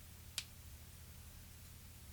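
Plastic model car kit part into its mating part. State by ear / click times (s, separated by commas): seated / 0.4 s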